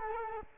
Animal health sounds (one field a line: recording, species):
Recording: mosquito wingbeat signal from an infrared sensor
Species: Culex quinquefasciatus